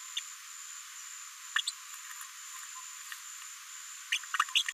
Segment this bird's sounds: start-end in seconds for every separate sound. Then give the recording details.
0.16-0.20, 1.55-1.61, 1.67-1.72, 4.11-4.18, 4.55-4.63. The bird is a female. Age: 36 days. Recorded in a nest box in Venezuela. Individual 17B73B4